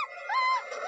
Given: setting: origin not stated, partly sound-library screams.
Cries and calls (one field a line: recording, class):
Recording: one-second piece from a danger detection set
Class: woman in danger